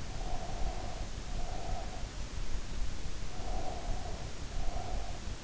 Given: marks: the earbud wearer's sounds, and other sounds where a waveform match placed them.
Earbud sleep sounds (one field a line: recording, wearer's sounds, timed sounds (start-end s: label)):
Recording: sounds in sleep by an in-ear microphone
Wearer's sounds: breath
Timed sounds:
0.00-2.27 s: breath
3.40-5.39 s: breath